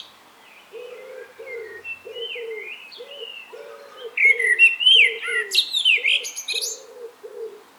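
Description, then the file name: Common blackbird warbling softly, building to a loud phrase with high squeaky twitters, while low notes repeat steadily underneath. "Turdus merula"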